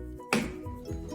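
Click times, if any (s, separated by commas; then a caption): 0.3 s. The pin end of a glide blind roller is wound into the cross pin of a wall mounting bracket and snaps home, giving one sharp click at 0.3 s over steady background music. The blind end is seated in the bracket.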